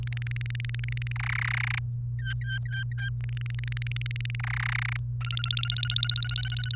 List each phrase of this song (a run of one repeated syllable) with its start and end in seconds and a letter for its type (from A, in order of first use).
0.07-1.12 A, 1.16-1.79 B, 2.18-3.09 C, 3.24-4.35 A, 4.39-4.97 B, 5.21-6.75 D